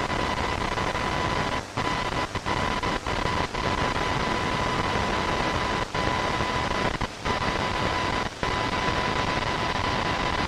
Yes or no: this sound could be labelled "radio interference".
yes